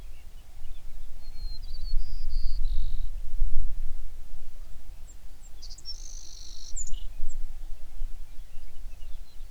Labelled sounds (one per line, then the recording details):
songbird
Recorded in the Prudhoe Bay oil fields, Alaska, on 11 June 2019 at 05:08
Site 21